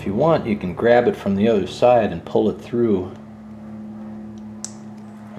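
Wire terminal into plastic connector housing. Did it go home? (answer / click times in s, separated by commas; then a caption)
yes / 4.6 s. A wire terminal is pulled through from the other side of a plastic connector housing while wiring the stator and CDI on a CX500. Someone talks for the first three seconds over a low steady hum. A short, sharp click at 4.6 s marks the terminal locking into place.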